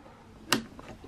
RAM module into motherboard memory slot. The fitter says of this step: डरने की बात नहीं आप कैसे क्लिक होगा आपको दिखेगा दोनों पैरों से क्लिक आया यहां